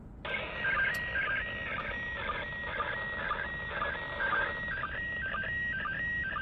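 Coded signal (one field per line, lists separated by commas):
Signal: SSTV (slow-scan television)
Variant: PD 120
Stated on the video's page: SSTV picture from the International Space Station received on 145.800 MHz with a Yaesu FT-65 handheld and stock rubber duck antenna; somewhat noisy.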